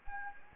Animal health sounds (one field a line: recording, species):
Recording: mosquito wingbeat signal from an infrared sensor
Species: Anopheles gambiae